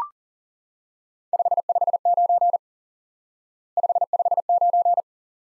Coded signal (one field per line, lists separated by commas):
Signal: Morse code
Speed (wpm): 40 wpm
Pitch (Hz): 700 Hz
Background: none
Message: 559 559